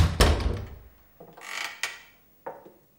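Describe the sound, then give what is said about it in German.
The door of a small hut sunk into the earth is carefully eased open by a person: a sharp knock of the latch, then a slow creaking swing with a couple of soft wooden clicks, ending in a final faint clack. “Ich gehe bis zur Tür, öffne sie vorsichtig und trete ein.”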